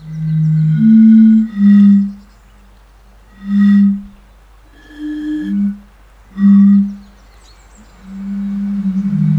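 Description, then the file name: European fire-bellied toad calls: several mellow low hoots, with a longer droning tone at the end. "henrik olsson anders dahl bombina bombina"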